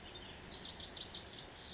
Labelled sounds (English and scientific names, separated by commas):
Lazuli Bunting (Passerina amoena)